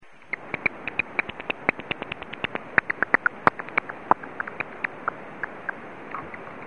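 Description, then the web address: Bat echolocation calls through a bat detector, heard as a rapid, uneven stream of dry clicks with a few louder pops, over a faint steady hiss. "Batdetector"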